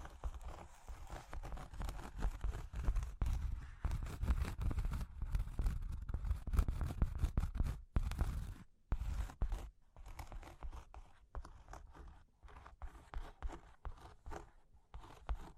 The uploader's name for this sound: Cork and Wood Tapping, Scratching, Tracing